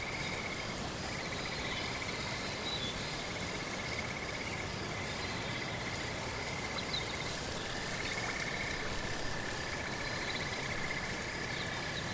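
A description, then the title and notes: Rain patters steadily on fallen leaves at night, a dense, even hiss with no pauses across the twelve seconds. Cicadas drone in a continuous high band throughout, shifting pitch slightly around the middle, while faint bright tinkles surface now and then. The enchanting forest at night is beautiful, with raindrops falling on the fallen leaves, cicadas and wind chimes.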